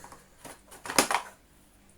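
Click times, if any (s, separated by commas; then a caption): 1.0 s. A plastic part, possibly the bottom plate or belt cover, is popped out of an old upright vacuum cleaner to get at the belt. A few soft handling knocks lead up to a sharp plastic snap at 1.0 s, followed by a second quick clack. The cover comes free.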